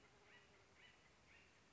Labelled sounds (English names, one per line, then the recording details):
Acorn Woodpecker
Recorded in Sonoma County, California